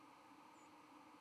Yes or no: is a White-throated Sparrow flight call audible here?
yes